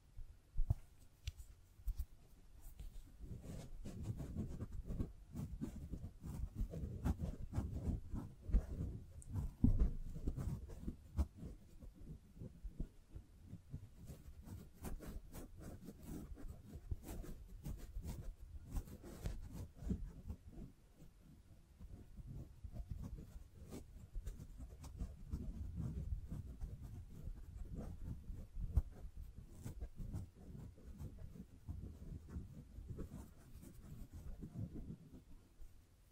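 Scratching, tracing and tapping sounds run through the whole clip as a dense patter of soft, low scrapes and small taps. Quick, irregular strokes pile on one another, with brighter crisp ticks now and then, and short lulls around 12, 21 and 35 seconds.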